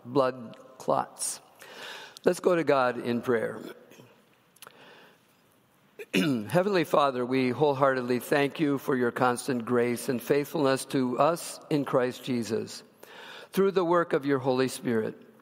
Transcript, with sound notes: blood clots. Let's go to God in prayer. (clears throat) Heavenly Father, we wholeheartedly thank You for Your constant grace and faithfulness to us in Christ Jesus, through the work of Your Holy Spirit.